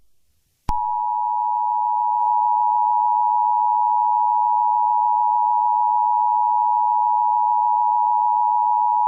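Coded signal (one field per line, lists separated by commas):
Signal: Emergency Alert System (SAME) tones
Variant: 853 and 960 Hz attention tone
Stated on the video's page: Fictional EAS scenario.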